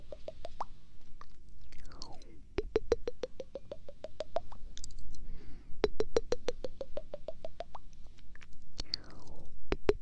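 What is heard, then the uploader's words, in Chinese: Quick 3D popping sounds, "bo bo bo", come in rapid regular bursts of sharp clicks, each with a short bright pop tone. Dense runs fill most of the ten seconds, broken by two falling swoosh-like sweeps near two and nine seconds, over a low steady rumble. 3D啵啵啵。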